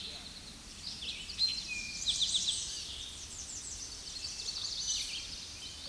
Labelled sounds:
Eastern Towhee song

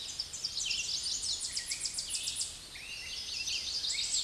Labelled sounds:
Red-eyed Vireo song

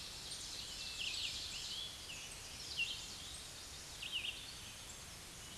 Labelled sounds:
Red-eyed Vireo song

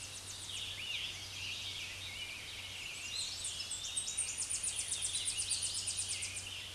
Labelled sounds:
Tennessee Warbler song

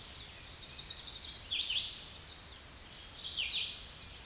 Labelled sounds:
Tennessee Warbler song

